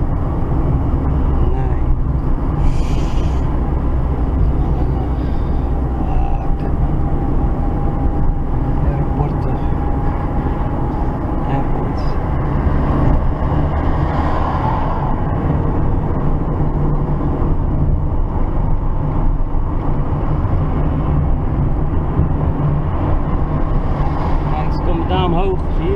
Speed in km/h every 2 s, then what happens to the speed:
41, 39, 38, 39, 40, 40, 48, 55, 59, 64, 62, 62, 62.
0-9 steady at about 39. 9-18 speeds up to 64. 18-26 steady at about 62.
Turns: none.